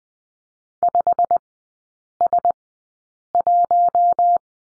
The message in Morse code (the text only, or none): 5S1